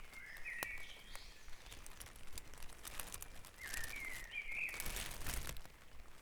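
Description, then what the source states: Birdsong: two short warbling, twittering phrases, heard against steady crackling background noise. Dawn chorus recorded at Back Dragon Avenue, Harrogate, part of a sound map of Harrogate.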